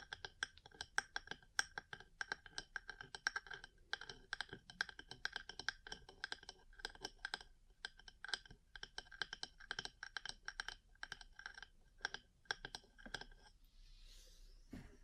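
Rapid, dry tapping fills most of the fifteen seconds, crisp clicks coming in dense, uneven bursts much like fast typing, with short pauses near four and thirteen seconds. Near the end the taps give way to a soft brushing rustle and a dull low thump.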